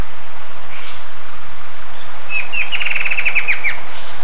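Bird delivering a brief fast trill of repeated sharp notes late over constant hiss and a thin high-pitched tone.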